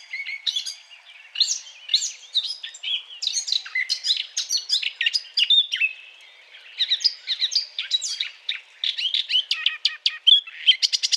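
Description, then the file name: Eurasian blackcap song, a rambling warble of fast, varied chirps and trills. Courtship song; 20 April 2009. "090420 fauvette A- t Aate noire chant de s A©duction LPC"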